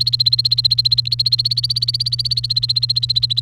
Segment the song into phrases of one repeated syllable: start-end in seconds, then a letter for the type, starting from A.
0.00-3.40 A